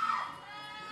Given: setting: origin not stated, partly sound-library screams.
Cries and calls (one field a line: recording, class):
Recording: one-second piece from a danger detection set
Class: woman in danger